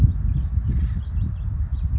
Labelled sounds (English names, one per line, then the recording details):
California Towhee
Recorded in Sonoma County, California